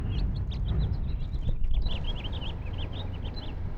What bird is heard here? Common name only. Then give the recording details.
House Finch. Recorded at Valley Stream on Long Island, New York, on 17 June 1975. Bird AD